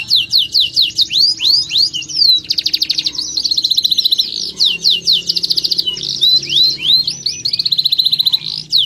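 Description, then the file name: Canary singing continuously, alternating quick runs of descending whistles with dense buzzy rolls and sharp chips, phrases changing every second or so over a low background hum. Standard-style canary chirping song (kicauan kenari standar). "suara kicauan kenari standar. omkicau"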